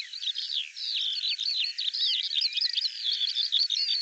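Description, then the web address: Bird song, a fast flowing chatter of high chirps, rising and falling slurs and short trills, unbroken for the whole stretch. Dated 2025; audio cleaned and normalized. "cianscape birddata Deverinetal 2025 File cleaned normalized Bird Al Ar"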